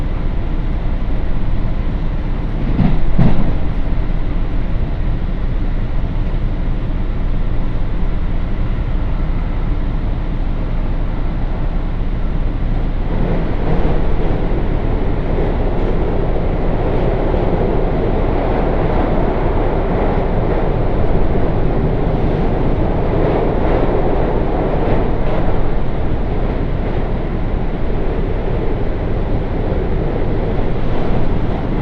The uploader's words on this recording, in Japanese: 耳で楽しむ鉄道旅 東海道本線 熱田→名古屋→大垣。熱田から名古屋までは各駅停車に乗っていきますが、このあとのダイヤの都合上一旦名古屋から大垣までは新快速での移動にします。